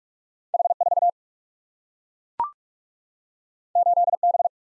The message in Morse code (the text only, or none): H4 8B